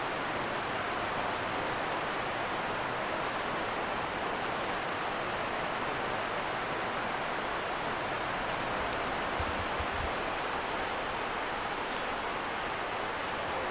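Tit berrypecker uttering thin, high notes, sparse at first then in a rapid cluster midway, with a few later calls; steady hiss throughout and brief low thumps.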